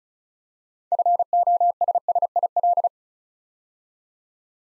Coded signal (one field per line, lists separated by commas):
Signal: Morse code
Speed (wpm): 36 wpm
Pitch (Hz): 700 Hz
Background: none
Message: FOSSIL